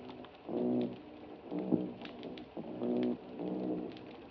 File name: Parsons M-2013 Argyrosomus-japonicus